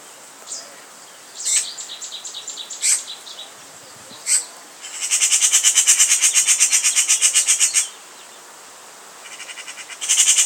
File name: Pica pica